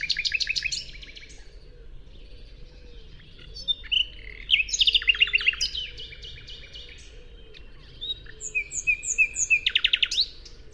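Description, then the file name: Common nightingale song: a burst of rapid repeated notes, then varied chirps and sweeps, a short trill and a pure whistled series, ending with another fast stuttering volley; low background hum. "Luscinia megarhynchos"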